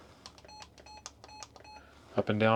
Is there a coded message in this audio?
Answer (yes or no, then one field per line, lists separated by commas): no